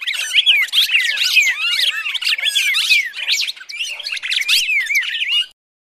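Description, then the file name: Red-crested Cardinal fighting calls, a dense rapid chatter of sharp chirps and short up-and-down whistled notes, nearly unbroken for five and a half seconds before stopping. Fighting (tarung) call style. "suara burung red crested cardinal tarung omkicau"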